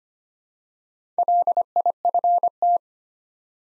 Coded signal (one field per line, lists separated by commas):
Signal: Morse code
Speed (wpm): 25 wpm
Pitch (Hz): 700 Hz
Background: none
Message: LIFT